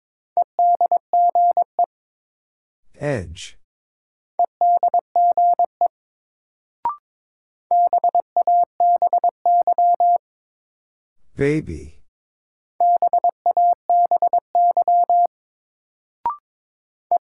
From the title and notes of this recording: First, the word is sent in Morse code. Then it is spoken.